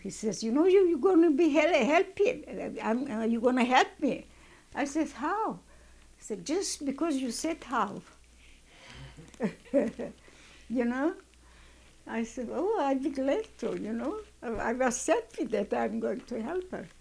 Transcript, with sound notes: He says, "You know you're going to be, help me, you're going to help me." I says, "How?" I said, "Just because you said how." ( she laughs ) You know. I said, "Ooh, I'd be glad to." You know, I was happy that I'm going to help her.